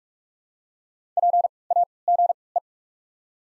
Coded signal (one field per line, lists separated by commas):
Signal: Morse code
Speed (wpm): 44 wpm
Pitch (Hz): 700 Hz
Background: none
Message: P A G E